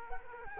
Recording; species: mosquito wingbeat signal from an infrared sensor; Culex quinquefasciatus